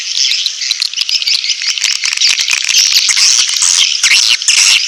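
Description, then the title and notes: Swiftlet chatter, a loud continuous high twittering with crowded clicks and chirps. Sound used in swiftlet farming in Asia. "Swiflet Bird Sound. Farming Swiflet Bird asia sound"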